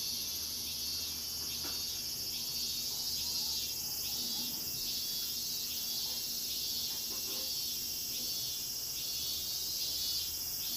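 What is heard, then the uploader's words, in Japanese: Cicadas drone in a dense, bright, unbroken wall of buzzing across a garden, over a faint steady low machine hum underneath. 洗濯機が止まるまで庭を録ってみた。中盤あたりから騒がしくなります(セミのせい)。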